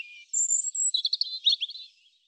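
European robin song: a faint lower note, then a sustained high thin note followed by a quick run of liquid twittering and trilled notes at a lower pitch, ending softly.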